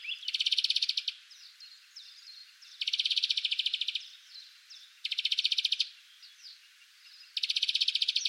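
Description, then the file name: European greenfinch giving four rattling trills, each about a second long, with faint twittering notes between bursts. "Chloris chloris"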